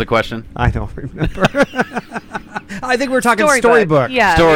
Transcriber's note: laughing